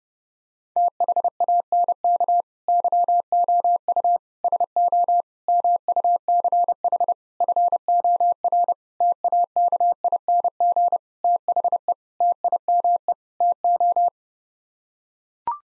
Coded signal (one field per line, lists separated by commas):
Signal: Morse code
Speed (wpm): 32 wpm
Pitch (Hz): 700 Hz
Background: none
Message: THANK YOU SO MUCH FOR TAKING THE TIME TO